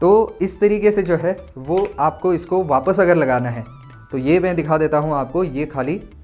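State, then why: Not seated. The removed quick-release plate of a Vanguard Espod CX203 AP tripod is handled as it is being refitted into the tripod head to show how it goes back in. Someone talks throughout the clip, and nothing has seated or clicked into the head yet.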